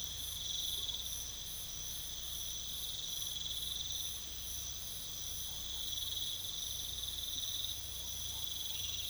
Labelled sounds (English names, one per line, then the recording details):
none
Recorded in pastures near Puerto Asís, Putumayo, Colombia, on 21 December 2024 at 01:00
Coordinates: 0.486, -76.323
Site GP01